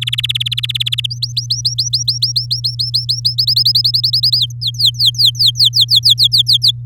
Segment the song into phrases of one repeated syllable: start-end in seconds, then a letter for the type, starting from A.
0.01-1.06 A, 1.10-3.35 B, 3.38-4.38 C, 4.38-6.71 D